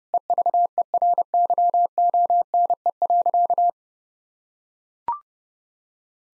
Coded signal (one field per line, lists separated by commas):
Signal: Morse code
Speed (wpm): 30 wpm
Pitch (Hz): 700 Hz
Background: none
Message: EVERYONE.